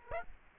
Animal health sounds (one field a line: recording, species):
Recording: mosquito wingbeat signal from an infrared sensor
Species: Aedes aegypti